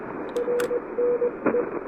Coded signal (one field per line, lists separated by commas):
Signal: Morse code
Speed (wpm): 21 wpm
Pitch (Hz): 500 Hz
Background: radio noise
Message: RNE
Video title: Testing the Tufteln KH1 Adapter: Tabletop QRP DX in the Clouds!